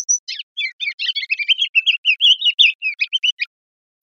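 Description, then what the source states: Ruby-crowned kinglet song: a fast, jumbled run of high chattering and warbled notes, with a brief thin note at the end. Recorded 15 March 2003.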